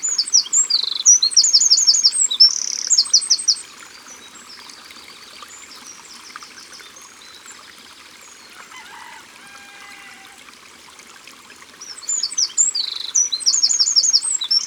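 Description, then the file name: Eurasian wren song: a fast, shrill burst of trills and chattering notes for a few seconds, a quiet gap with faint notes, then the song resumes near the end. Sung at the water's edge. "Troglodyte mignon Au bord de leau"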